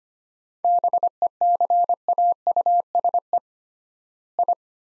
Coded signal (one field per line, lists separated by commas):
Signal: Morse code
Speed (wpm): 25 wpm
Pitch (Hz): 700 Hz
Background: none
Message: BECAUSE I